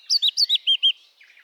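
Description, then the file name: Eurasian blackcap song fragment: six loud, clear whistled notes in pairs, then a faint trailing warble. "Sylvia atricapilla"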